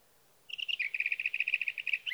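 Sage thrasher song, a few slurred notes leading into a fast, even trill of many repeated chirps.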